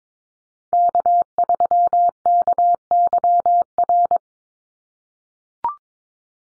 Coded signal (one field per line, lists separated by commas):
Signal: Morse code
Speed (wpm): 22 wpm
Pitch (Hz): 700 Hz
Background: none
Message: K3KYR